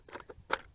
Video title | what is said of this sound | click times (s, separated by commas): MJX Bugs 5W B5W GPS WiFi FPV RC Drone | You just take this little thing out and put this little clip in its place, and it locks into place. | 0.5 s